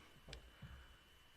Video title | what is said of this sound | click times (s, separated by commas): Unboxing vid for celebrating 1k views on a single video | you'll hear something click and it'll pop up and | 0.3 s